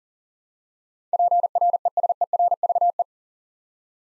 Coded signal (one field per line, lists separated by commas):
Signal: Morse code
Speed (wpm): 42 wpm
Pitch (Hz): 700 Hz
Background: none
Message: PRESERVE